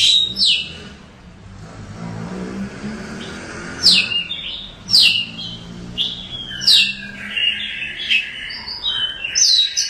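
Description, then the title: Oriental magpie-robin song: sharp downslurred whistles at irregular intervals and a longer warbled phrase over a low rumbling background. "Kacer. Burung"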